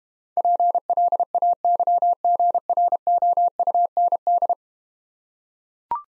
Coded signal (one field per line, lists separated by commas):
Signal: Morse code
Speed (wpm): 32 wpm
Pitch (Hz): 700 Hz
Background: none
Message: PLAYGROUND